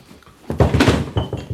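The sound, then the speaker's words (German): A chair is cleared and set down: a burst of hollow wooden knocks and scrapes, then a couple of shorter bumps, fairly loud with no voices. “Ich mache Ihnen einen Stuhl frei.”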